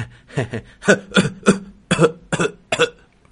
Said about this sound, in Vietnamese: Một dòng máu tươi từ trong cổ họng theo tiếng ho đi ra, khiến Phong Linh hoảng sợ.